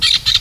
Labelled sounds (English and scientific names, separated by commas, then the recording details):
Brown-throated Parakeet (Eupsittula pertinax) contact call
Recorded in Venezuela
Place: Guárico; Corozopando; Fundo La Fe
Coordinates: 8.506, -67.593